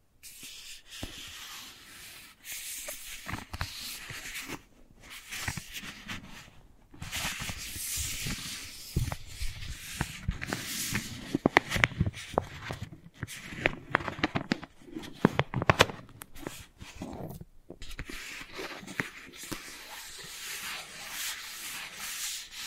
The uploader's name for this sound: Wooden Ball Triggers